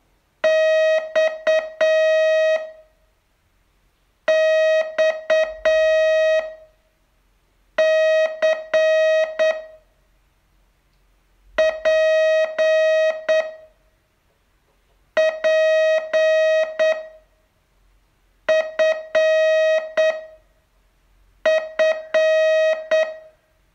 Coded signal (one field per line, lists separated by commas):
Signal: Morse code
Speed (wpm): 8 wpm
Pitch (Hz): 630 Hz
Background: music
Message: X X C P P F F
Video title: Learn Morse in 42 Days from VU2LAU - day 29